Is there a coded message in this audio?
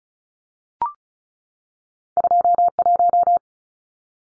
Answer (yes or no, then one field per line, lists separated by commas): yes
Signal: Morse code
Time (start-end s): 2.2-3.4 s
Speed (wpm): 36 wpm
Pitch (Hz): 700 Hz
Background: none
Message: 21